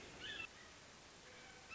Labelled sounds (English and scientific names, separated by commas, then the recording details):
Red-shouldered Hawk (Buteo lineatus)
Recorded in Sonoma County, California